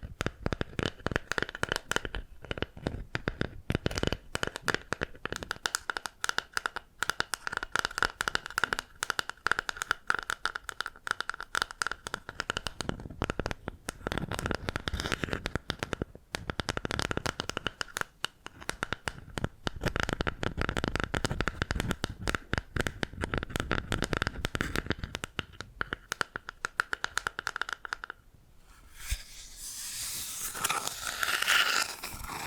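Bamboo tapped, scratched and brushed in dense, rapid clicking bursts for most of the clip, ending in a softer, bright rushing scrape near thirty seconds.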